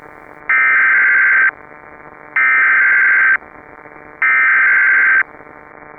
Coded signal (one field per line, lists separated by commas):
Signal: Emergency Alert System (SAME) tones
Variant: header bursts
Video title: A Severe Disruption (EAS Scenario)